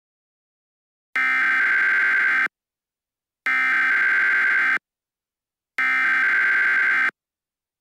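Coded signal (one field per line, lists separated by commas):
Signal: Emergency Alert System (SAME) tones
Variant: header bursts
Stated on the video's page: Simulated EAS scenario.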